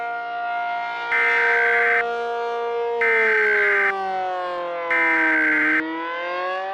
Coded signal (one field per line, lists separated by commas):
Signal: Emergency Alert System (SAME) tones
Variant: header bursts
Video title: EAS Scenario: "2nd Civil War" REMASTERED